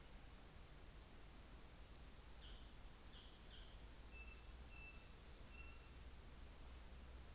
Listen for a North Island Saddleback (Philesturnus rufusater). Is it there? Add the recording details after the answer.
yes. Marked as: faintness 3/5. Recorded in New Zealand on 24 December 2018. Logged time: 14:50